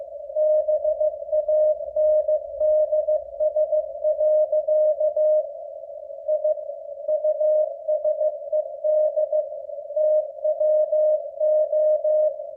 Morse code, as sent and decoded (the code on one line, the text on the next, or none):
-... .- -. -.. ... .-.-.- / .. / ..- ... . -.. / - .-- ---
BANDS. I USED TWO